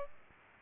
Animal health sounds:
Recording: mosquito wingbeat signal from an infrared sensor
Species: Aedes aegypti

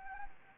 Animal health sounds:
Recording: mosquito wingbeat signal from an infrared sensor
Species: Anopheles gambiae

